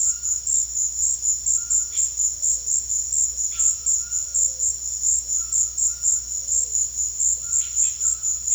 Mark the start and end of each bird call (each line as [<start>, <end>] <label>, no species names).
[1.51, 2.12] bird call
[3.47, 4.62] bird call
[5.34, 6.42] bird call
[7.38, 8.50] bird call